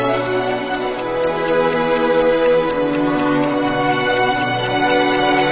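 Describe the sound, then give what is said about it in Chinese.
A Western-made mechanical clock ticks steadily, about two crisp clicks per second, over a bed of sustained, mellow musical tones that hold throughout. “西洋钟表虽然陆续出现在宫殿的各个角落，但是他们的表征并没有使这个王朝与西方前进的节奏对接。”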